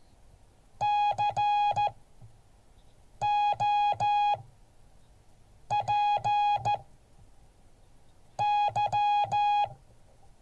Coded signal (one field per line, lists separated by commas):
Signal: Morse code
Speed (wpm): 14 wpm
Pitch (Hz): 830 Hz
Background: music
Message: COPY